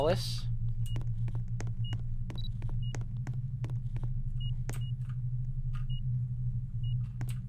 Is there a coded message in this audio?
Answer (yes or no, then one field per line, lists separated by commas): no